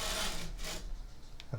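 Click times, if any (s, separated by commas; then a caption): none. A part is pushed into the aluminum extrusion frame of a custom 3D printer, producing a broad, rasping rubbing and scraping sound with two brief knocks near the end. Nothing has seated or clicked into place, and the part fails to seat because the frame is out of square.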